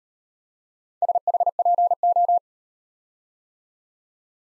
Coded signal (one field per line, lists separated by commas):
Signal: Morse code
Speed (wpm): 34 wpm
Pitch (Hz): 700 Hz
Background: none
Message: SHPO